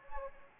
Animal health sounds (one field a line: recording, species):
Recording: mosquito wingbeat signal from an infrared sensor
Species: Anopheles gambiae